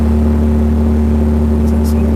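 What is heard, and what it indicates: A simulated tinnitus sound played through an amplifier: a steady, low-pitched droning hum with sustained tones. It is the second of several tinnitus sounds and is cut off quickly.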